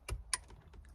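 A retaining clip is pushed back into place on the ignition lock housing of a van steering column while the ignition lock assembly is being refitted. A faint tick comes first, then a sharp click at 0.3 s, followed by a few quieter ticks. The clip is confirmed seated.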